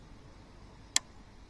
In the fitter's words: Should click in now.